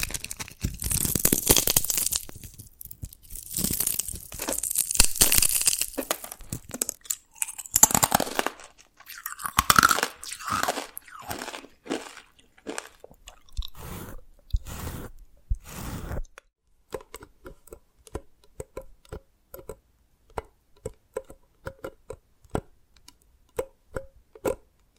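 Dalgona candy being tapped and cracked, with dense bursts of crunchy, scraping noise through the first half. After about sixteen seconds it settles into sparse, sharp clicks and light taps at irregular intervals, some with a faint ringing tone.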